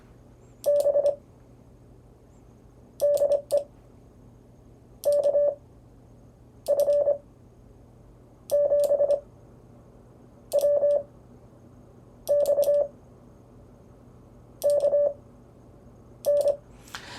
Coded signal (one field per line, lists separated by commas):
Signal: Morse code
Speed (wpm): 25 wpm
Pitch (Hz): 580 Hz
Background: none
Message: B DE KF7WX KN